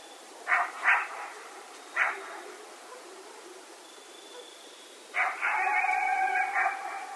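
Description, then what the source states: Coyote vocalising: two quick barks and a third a second later, a long quiet gap with faint low notes, then a sustained wavering howl lasting about two seconds. Several coyotes recorded at night on 16 October 2010.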